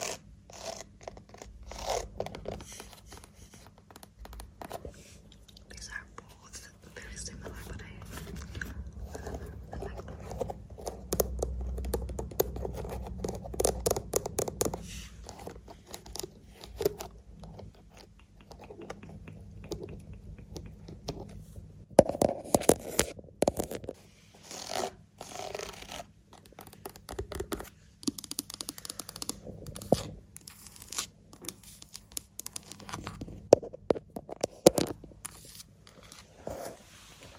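Lens tapping and scratching: dense irregular clicks and scrapes throughout, with a steady low hum underneath and sharper bursts around 22 and 35 seconds.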